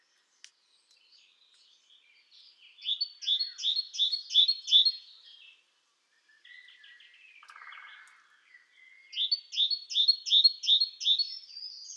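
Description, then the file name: Great tit calls, two bursts of rapid repeated chirping notes separated by a quieter lower rattle in between. "Parus major"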